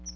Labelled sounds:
Chestnut-sided Warbler flight call

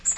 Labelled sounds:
Magnolia Warbler flight call

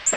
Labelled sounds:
Black-throated Green Warbler flight call

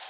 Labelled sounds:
Orange-crowned Warbler flight call

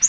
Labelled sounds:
Yellow-rumped Warbler flight call

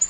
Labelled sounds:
Black-throated Green Warbler flight call

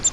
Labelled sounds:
Grace's Warbler flight call

